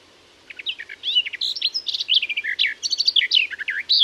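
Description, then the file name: Garden warbler song starting after a half-second of quiet: a hurried, bubbling warble of varied notes and short rolls that carries on to the end. "Fauvette des jardins"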